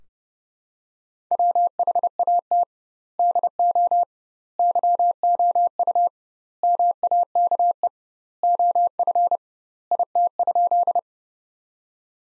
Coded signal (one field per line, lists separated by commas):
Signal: Morse code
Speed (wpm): 30 wpm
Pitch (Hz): 700 Hz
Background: none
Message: WHAT DO YOU MAKE OF IT?